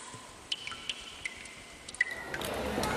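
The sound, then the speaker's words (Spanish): Water drips in a sewer drain in an irregular patter of sharp, bright plinks, then a wetter sloshing, squelching wash through sewage builds toward the end, all fairly quiet with no voices. “Pues claro que es mierda, es un desagüe.”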